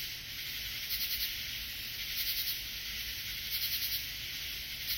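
Katydid giving high, dry buzzing bursts, each made of a few rapid pulses, repeated about every one and a half seconds over a constant background hiss.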